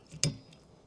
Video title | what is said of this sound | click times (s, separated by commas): How to Replace Windshield Wipers on Your Car Easily | hook it on and push forward till it clicks. | 0.2 s